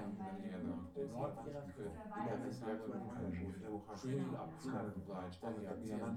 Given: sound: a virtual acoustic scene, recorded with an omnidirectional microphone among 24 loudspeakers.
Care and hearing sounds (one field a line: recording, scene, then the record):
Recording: noise of the scene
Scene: living room, symmetric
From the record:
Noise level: 70 dB SPL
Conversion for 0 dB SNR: 6.9 dB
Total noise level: 76.9 dB SPL